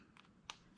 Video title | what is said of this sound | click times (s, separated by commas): Thread and Bobbin Storage Tips & Solutions - Thread & Needles 101 | they you can kind of hear they kind of snap in and i don't worry about the ends at all | 0.2 s, 0.5 s